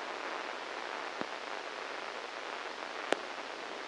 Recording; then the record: brain microelectrode recording played as sound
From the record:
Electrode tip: inside the subthalamic nucleus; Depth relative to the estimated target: 1 mm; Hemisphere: left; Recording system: NeuroSet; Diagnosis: Parkinson's disease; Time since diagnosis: 10 years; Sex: male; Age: 63 years